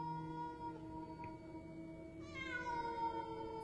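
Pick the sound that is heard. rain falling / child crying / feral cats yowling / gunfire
feral cats yowling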